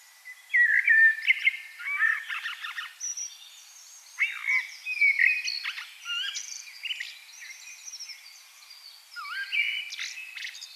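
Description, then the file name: Common blackbird song: mellow whistled phrases, each trailing into thin scratchy twitters, in irregular bursts with short pauses between. "Turdus merula"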